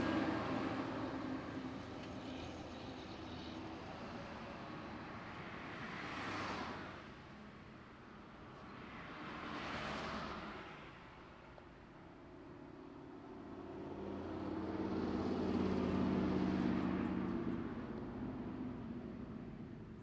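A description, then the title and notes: Cars pass a roadside bus stop in steady waves around 6, 10 and 16 seconds, with a heavier, lower rumble near the end over constant traffic hum. A bus stop on North Tryon and Hilo Drive. A variety of passing cars, and the bus.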